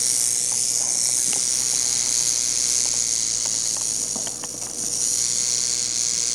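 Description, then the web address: Massasauga rattle, a sustained sizzling buzz that barely wavers, softening briefly once, with scattered small ticks underneath. "rattlesnake massasauga rattler rattling animal reptile"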